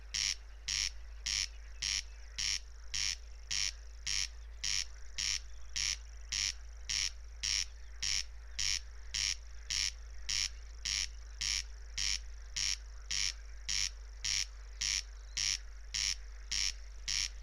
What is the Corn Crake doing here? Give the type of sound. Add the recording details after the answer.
song. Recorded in the wild. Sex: male. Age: adult. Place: Schwedt/Oder, Nationalpark Unteres Odertal, Brandenburg, DE. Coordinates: 50.0397, 14.2977. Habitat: meadow. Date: 2020-06-04 02:30. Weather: 8°C, 90% humidity, almost windless. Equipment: TASCAM DR680, Microtech Gefell MK 250/MV220. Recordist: Frommolt, Karl-Heinz